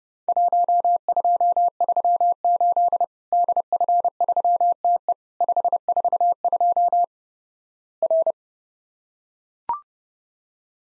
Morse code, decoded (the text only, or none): 1238 DF3TE 542 R